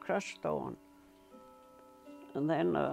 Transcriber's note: clock chiming